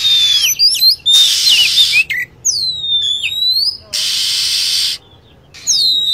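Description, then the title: Lovebird: chirps and whistles, sharp downward sweeps and short twittering notes, alternating with loud bursts of steady hissing noise. Lure sound (pikat) used to attract lovebirds. "PIKAT BURUNG LOVEBIRD"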